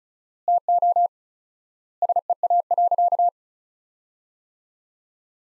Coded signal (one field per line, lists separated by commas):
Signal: Morse code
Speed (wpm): 36 wpm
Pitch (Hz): 700 Hz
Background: none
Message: TO SEA.